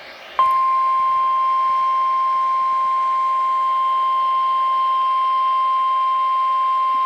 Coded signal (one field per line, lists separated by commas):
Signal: Emergency Alert System (SAME) tones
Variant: 1050 Hz attention tone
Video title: (EAS #4) Special Marine Warning (Station KIH28 Frequency 162.475) (2022)